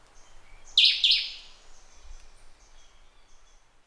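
Single loud bird call made of two quick harsh notes, with a low background hiss.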